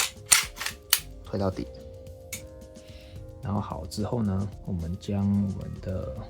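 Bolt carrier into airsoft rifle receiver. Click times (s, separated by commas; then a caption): 0.3 s, 0.9 s. During reassembly of a GHK AKM V3 airsoft rifle, the bolt head is lined up with the two slots and the bolt carrier is dropped into the receiver and pushed all the way forward. Two sharp metallic knocks are heard at 0.3 s and 0.9 s as it bottoms out and seats home, followed by someone talking.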